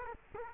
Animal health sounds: mosquito wingbeat signal from an infrared sensor; Culex quinquefasciatus

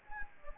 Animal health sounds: mosquito wingbeat signal from an infrared sensor; Anopheles gambiae

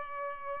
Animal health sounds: mosquito wingbeat signal from an infrared sensor; Culex pipiens

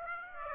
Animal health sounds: mosquito wingbeat signal from an infrared sensor; Aedes aegypti

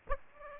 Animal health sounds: mosquito wingbeat signal from an infrared sensor; Aedes aegypti

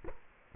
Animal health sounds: mosquito wingbeat signal from an infrared sensor; Culex quinquefasciatus

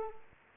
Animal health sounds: mosquito wingbeat signal from an infrared sensor; Anopheles arabiensis

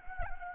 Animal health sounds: mosquito wingbeat signal from an infrared sensor; Anopheles gambiae

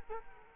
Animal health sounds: mosquito wingbeat signal from an infrared sensor; Culex quinquefasciatus

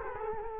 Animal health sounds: mosquito wingbeat signal from an infrared sensor; Culex quinquefasciatus

